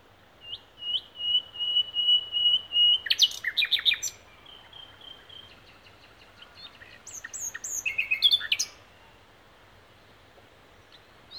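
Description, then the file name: Common nightingale song: a series of repeated pure whistled notes, then a burst of loud repeated notes, a quieter varied passage, and another loud phrase before silence. "Luscinia megarhynchos"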